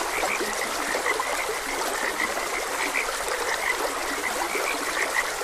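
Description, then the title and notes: Frogs croaking, a steady run of crisp repeated notes, with trickling, rushing water constant behind them. Frogs croaking beside a gentle stream. "Frogs Croaking. Sleep and Relaxation Podcast"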